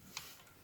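A new plastic pickup/feed roller in a Brother MFC-9440CN laser printer is slid onto its shaft, and its small nub is pushed past a plastic clicker catch. A single short, bright tick sounds at 0.2 s as the roller clicks and locks into place, fixing the printer not picking up paper.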